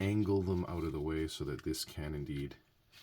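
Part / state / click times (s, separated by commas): plastic toy part into top of robot body / not seated / none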